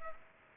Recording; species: mosquito wingbeat signal from an infrared sensor; Culex pipiens